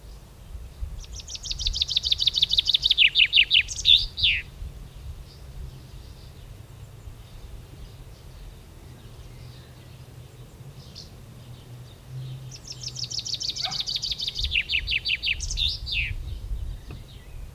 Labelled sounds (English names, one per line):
Common Chaffinch song